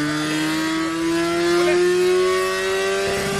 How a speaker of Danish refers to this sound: Den lyd der, den kan du ikke få fra et elløbehjul. Prøv lige hør. Det er jo det der. Det er det, vi kan lide. Også ved at køre motorcykel. Det skal jo lyde af noget. Det må gerne, jo mere det larmer, jo bedre er det.